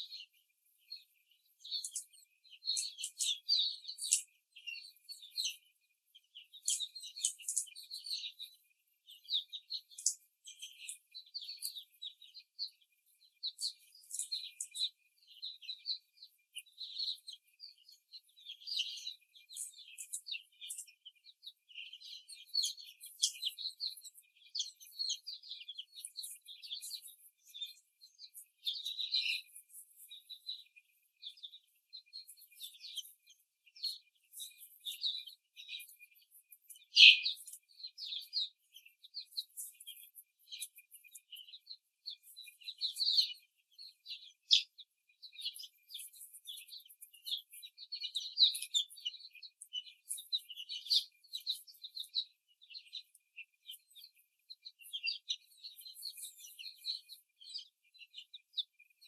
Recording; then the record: young laying hens in a cage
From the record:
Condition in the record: before the stressor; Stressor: simulated dog barking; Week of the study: 3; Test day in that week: 1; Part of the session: 3